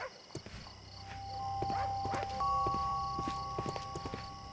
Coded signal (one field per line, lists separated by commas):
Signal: ZX Spectrum tape loading